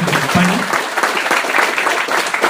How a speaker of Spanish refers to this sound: Un fuerte aplauso otra vez